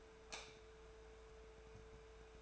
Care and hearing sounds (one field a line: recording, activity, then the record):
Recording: daily activity, microphone in the room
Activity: light off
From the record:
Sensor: 2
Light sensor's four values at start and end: 13/38/15/15 and 8/21/8/9